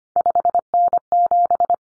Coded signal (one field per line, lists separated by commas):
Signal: Morse code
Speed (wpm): 25 wpm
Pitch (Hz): 700 Hz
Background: none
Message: 5N7